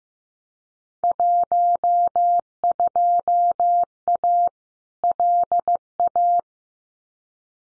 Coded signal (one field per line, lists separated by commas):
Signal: Morse code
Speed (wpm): 15 wpm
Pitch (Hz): 700 Hz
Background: none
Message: 12A LA